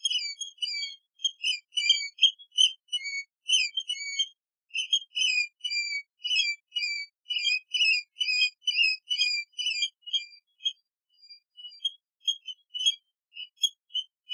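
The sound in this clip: Seabird giving a long, busy, irregular run of sharp whistled chirps, thinning out toward the end.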